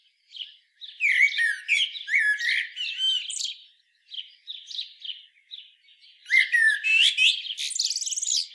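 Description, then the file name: Common blackbird delivering quick bursts of chattering, warbled phrases broken by short pauses, with shrill high twitters mixed in. "Turdus merula"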